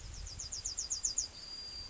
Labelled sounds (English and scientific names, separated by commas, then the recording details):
Yellowhammer (Emberiza citrinella) song
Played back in grassland
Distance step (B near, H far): F
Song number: 117